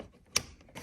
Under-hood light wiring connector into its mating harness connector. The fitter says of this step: listen for the satisfying click